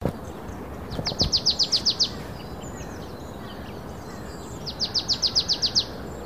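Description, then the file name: Marsh tit giving two quick runs of about eight high, sharp, downslurred notes, a few seconds apart, over a steady background hiss. "Poecile palustris"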